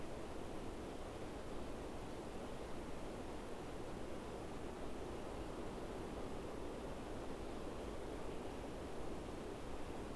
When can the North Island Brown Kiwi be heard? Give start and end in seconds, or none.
none